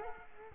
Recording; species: mosquito wingbeat signal from an infrared sensor; Culex quinquefasciatus